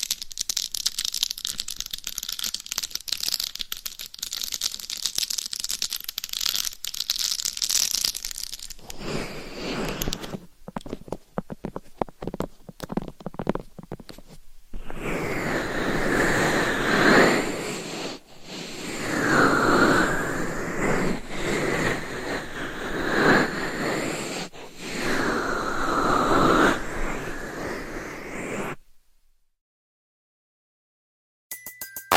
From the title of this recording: Binaural Dummy Head Mic Scratching , Massage & Tapping